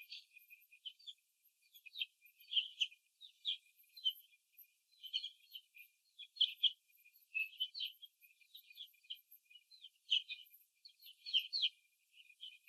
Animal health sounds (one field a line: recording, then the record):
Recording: young laying hens in a cage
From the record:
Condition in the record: after the stressor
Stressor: simulated dog barking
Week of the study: 2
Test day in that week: 3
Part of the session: 1